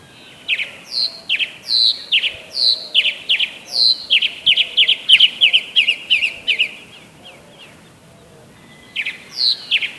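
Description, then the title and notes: White-banded mockingbird delivering a fast, continuous string of sharp chirps and slurred whistles for about six and a half seconds, pausing for about two seconds before resuming. Recorded at a street corner in a neighbourhood of Argentina, August 2016, around 9 in the morning. "Calandria real (Mimus triurus). Amancay esq. Huemul. B° Patagonia. /8/2016-9hs aprox. Por Magali Agnello"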